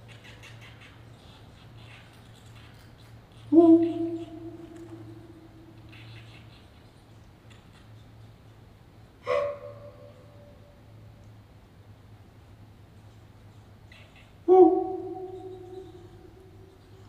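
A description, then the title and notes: Inside a disused rail tunnel, three loud calls or voices break out at about 3.5, 9.3 and 14.5 seconds, each ringing with a long echo that fades slowly. Between them, faint high chirps and clicks come and go over a steady low hum. Micro bat (large footed myotis bat) sounds and voice reflections from inside the disused (since 1932) Dularcha Rail Tunnel, Mooloolah, Queensland, Australia. 32 bit float 192 kHz downsampled to 24bit/192kHz on a Zoom F3 with an Audio Technica BP4025 stereo microphone.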